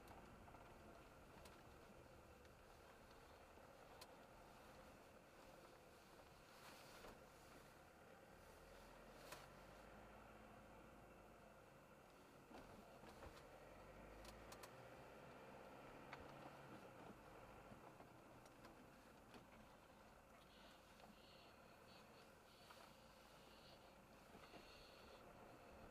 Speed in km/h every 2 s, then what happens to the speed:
19, 18, 17, 11, 23, 21, 19, 29, 32, 21, 21, 21, 24.
0-6 slows to 11. 6-8 speeds up to 23. 12-15 speeds up to 32. 16-18 brakes to 21.